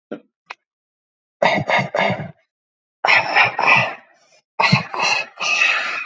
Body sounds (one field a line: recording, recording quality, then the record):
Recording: shallow voluntary cough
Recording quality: excellent, no background noise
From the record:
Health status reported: COVID-19 positive, mild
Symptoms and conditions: cough, cold, muscle pain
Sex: male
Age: 25 years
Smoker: not ticked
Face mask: not worn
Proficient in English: yes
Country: India